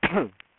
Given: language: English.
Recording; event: throat vibration sensor signal played as sound; cough